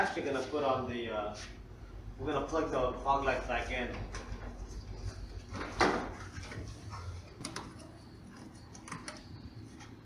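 Someone talks while handling the plastic fog light wiring connector to plug it back into the fog lamp of a 2015-2017 Nissan Juke before the front bumper cover goes on. Short knocks and rattles are heard around 5.8, 7.5 and 7.6 seconds. Nothing has seated or clicked yet.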